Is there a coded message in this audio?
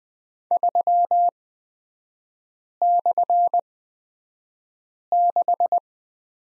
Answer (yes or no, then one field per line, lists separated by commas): yes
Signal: Morse code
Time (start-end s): 0.5-5.8 s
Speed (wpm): 20 wpm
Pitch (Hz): 700 Hz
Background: none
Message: 3/6